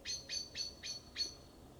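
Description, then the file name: Common blackbird uttering five evenly spaced, sharp high chinks in under two seconds, with only soft background noise. "Turdus merula"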